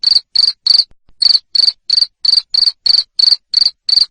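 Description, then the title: Cricket calling with short, shrill chirps repeated about three times per second, one brief pause near the start. Loud cricket chirping played to make lovebirds sing continuously. "Suara JANGKRIK NGERIK Keras Bikin LOVEBIRD Jadi NGEKEK Terus"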